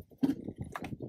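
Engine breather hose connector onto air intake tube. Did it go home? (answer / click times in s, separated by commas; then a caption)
no / none. The plastic quick-connect fitting of an engine breather hose is worked by hand toward a new cold-air-intake tube, making low rumbling, scraping handling noise with two brief sharp taps near 0.8 seconds. Nothing has seated or clicked on yet; the connector is not yet home when the clip ends.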